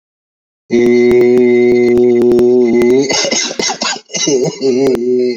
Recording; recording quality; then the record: sustained vowel as in made; moderate, slight background noise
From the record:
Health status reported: exposed to COVID-19, no respiratory illness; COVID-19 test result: not tested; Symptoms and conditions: cough, cold, sore throat, fever, muscle pain, diarrhoea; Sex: male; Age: 29 years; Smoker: not ticked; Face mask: not worn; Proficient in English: yes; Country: India